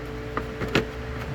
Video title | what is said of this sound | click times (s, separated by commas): How to: Install a new Battery on a 2010 Nissan 370z | locks into place like that | 0.4 s, 0.8 s